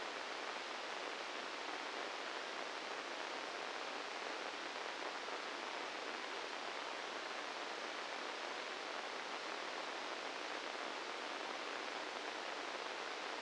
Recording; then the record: brain microelectrode recording played as sound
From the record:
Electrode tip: inside the subthalamic nucleus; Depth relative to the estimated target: 0 mm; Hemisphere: left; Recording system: NeuroSet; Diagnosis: Parkinson's disease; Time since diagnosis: 9 years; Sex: male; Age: 61 years